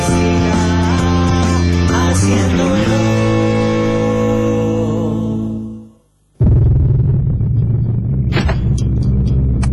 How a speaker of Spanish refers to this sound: El sonido de la ciudad. Los sonidos de la calle.